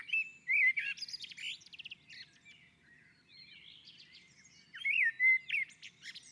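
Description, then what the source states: Common blackbird singing a fluting phrase with scratchy high trills, a soft subdued stretch, then another clear whistled phrase. On a roof.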